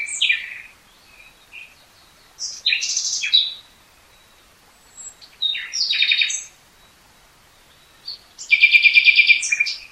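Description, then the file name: Common nightingale singing short varied phrases separated by pauses, with sharp chirps, scratchy notes and a final fast, rich trill of repeated notes. "Luscinia megarhynchos"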